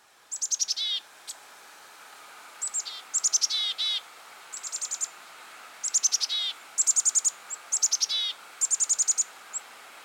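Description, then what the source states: Black-capped Chickadee giving repeated chick-a-dee calls: high, sharp introductory notes followed by runs of buzzy dee notes, several calls in ten seconds. Chick-a-dee call, the vocalization that gives the chickadee its name; its notes can be combined in many ways.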